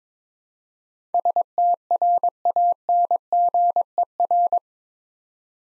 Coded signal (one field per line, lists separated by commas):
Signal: Morse code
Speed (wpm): 23 wpm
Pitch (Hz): 700 Hz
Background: none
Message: STRANGER